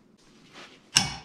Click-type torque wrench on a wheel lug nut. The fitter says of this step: so when you hear that click that's when you stop yeah it gets 100 foot pounds in there otherwise you over torque it